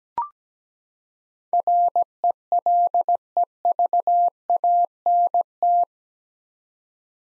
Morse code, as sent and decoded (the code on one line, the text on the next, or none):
.-. . .-.. . ...- .- -. -
RELEVANT